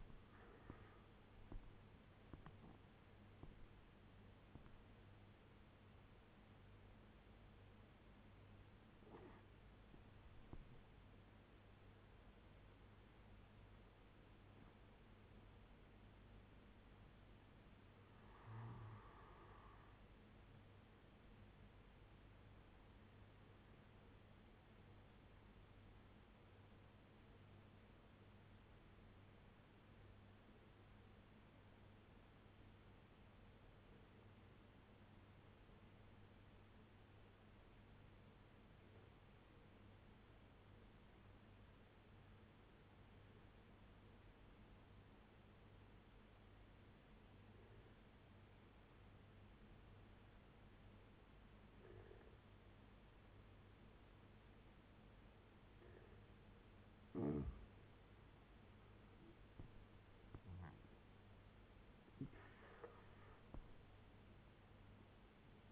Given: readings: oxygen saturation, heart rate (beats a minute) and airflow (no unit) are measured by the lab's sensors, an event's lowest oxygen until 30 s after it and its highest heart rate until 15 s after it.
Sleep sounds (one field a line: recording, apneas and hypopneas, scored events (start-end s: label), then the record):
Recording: breathing in sleep by a voice recorder at the bedside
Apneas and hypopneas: 1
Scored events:
14.00-56.50 s: obstructive apnea (N2, oxygen 96% highest, then 86% lowest, heart rate 81 at the start, 86 highest)
From the record:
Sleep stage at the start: N2 (light sleep)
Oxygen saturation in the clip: 85 to 96%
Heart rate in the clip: 69 to 88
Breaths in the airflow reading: 5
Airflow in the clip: -11.8 to 12.7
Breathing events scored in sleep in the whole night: 201 in 6.5 hours asleep